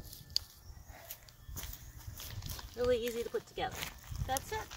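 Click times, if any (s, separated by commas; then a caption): 0.4 s. A plastic grass/gravel paving grid panel lying on the ground is slid with one edge under the adjoining panel so its nubs lock, giving a sharp snap at 0.4 s as it seats into its neighbour. Someone talks afterward over quieter rustling and shuffling.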